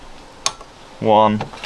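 A metal safety pin is pushed back into the end socket of a Fiesta's automatic boot gas strut and clicks in sharply at 0.5 s, locking the strut end. Someone then talks briefly. The safety pin is seated.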